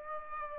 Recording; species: mosquito wingbeat signal from an infrared sensor; Aedes aegypti